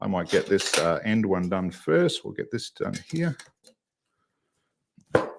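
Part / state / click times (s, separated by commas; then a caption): clamp piece onto an embroidery hoop frame / seated / 5.2 s. Someone talks while hooping fabric, then fits one of an embroidery hoop's large or small clamp pieces onto the end of the frame. A sharp snap rings out at 5.2 seconds as the clamp pops into place and seats.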